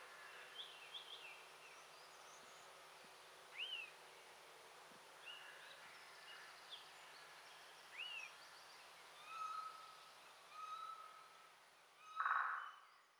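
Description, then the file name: Eurasian jay uttering one short, rasping screech near the end, after several thin rising whistles and flat tones from other birds amid constant low hiss. "Garrulus glandarius"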